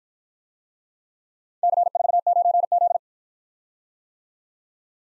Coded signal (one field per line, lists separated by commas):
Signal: Morse code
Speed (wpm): 53 wpm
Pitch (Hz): 700 Hz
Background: none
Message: C49Z